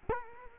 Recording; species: mosquito wingbeat signal from an infrared sensor; Culex quinquefasciatus